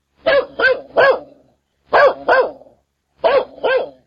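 Dog barking in quick clusters: three sharp barks, a pause, two barks, another pause, then two more barks.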